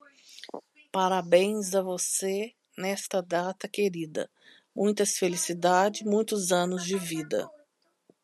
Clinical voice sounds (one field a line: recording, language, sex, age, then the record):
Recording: short text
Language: Brazilian Portuguese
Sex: female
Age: 50 to 59 years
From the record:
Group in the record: control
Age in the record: 51 years